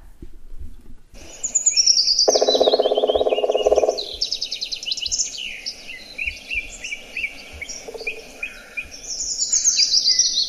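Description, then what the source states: Black Woodpecker drumming: a single fast, even roll of beats, set against a busy chorus of high whistled and trilled songbird song. Drumming, played from a recording; in woodpeckers drumming serves in spring as song does in songbirds: marking territory and attracting a partner.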